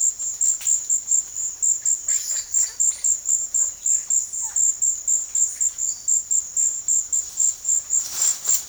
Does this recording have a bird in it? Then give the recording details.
no. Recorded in pastures near Puerto Asís, Putumayo, Colombia, on 22 June 2025 at 15:00. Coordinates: 0.502, -76.324. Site G010